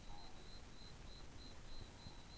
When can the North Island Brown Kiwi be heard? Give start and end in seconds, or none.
none